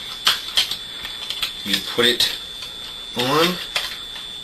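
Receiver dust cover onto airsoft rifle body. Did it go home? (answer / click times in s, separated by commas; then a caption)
yes / 3.8 s. The upper receiver dust cover of a CYMA .028S AK-47S airsoft rifle is pushed onto the gun body while someone talks. A few light knocks come earlier, then one sharp snap at 3.8 s as the cover seats in place.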